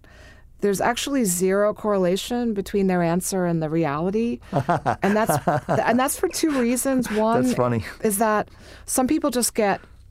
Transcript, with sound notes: there’s actually zero correlation between their answer and the reality, and that’s —
[LAUGHS]
And that’s for two reasons.
That’s funny.
One is that some people just